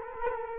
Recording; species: mosquito wingbeat signal from an infrared sensor; Culex quinquefasciatus